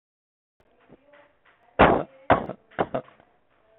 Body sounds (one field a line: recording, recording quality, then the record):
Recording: shallow voluntary cough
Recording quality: excellent, no background noise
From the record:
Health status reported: healthy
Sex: male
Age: 32 years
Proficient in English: yes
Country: India